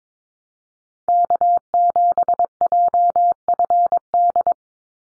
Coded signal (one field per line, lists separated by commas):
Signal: Morse code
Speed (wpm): 22 wpm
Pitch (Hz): 700 Hz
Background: none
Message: K7JFD